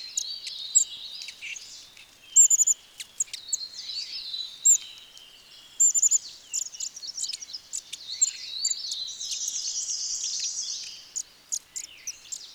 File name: White throated Bushtit Aegithalos niveogularis